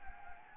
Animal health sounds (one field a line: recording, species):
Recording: mosquito wingbeat signal from an infrared sensor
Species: Anopheles gambiae